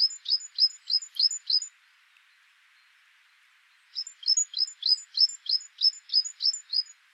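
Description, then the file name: Great tit song in two bursts of brisk, regular high-pitched double notes, each phrase dropping in pitch, with a pause of about two seconds between bursts. "Parus major"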